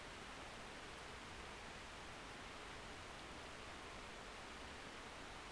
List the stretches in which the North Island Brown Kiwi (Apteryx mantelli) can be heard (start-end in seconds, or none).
none